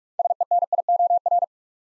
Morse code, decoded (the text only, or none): SENIOR